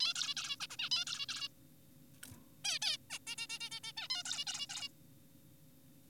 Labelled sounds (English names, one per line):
Zebra Finch